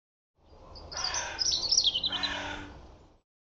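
European robin song, a rapid jumble of high thin warbling notes lasting about two seconds, over a low background hum.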